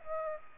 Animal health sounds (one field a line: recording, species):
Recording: mosquito wingbeat signal from an infrared sensor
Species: Aedes aegypti